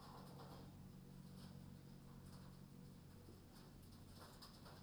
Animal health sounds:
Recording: poultry house recording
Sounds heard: no chicken sound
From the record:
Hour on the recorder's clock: 21

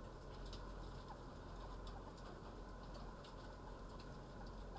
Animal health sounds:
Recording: poultry house recording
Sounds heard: healthy chickens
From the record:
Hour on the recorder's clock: 9

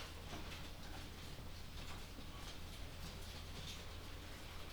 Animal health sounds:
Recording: poultry house recording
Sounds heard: no chicken sound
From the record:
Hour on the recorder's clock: 22

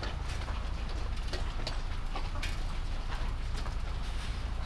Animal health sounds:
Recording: poultry house recording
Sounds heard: sick chickens (respiratory disease)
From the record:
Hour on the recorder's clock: 22

